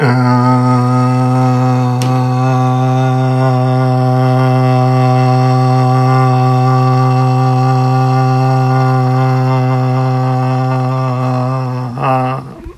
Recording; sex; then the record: sustained vowel /a/; male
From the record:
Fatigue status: no fatigue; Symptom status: asymptomatic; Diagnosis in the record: COVID-19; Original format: m4a